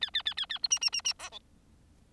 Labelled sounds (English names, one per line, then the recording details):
Bengalese Finch song
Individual Bird4